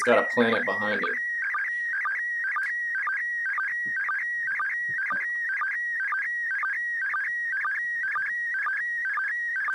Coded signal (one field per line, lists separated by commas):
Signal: SSTV (slow-scan television)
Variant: PD 120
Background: speech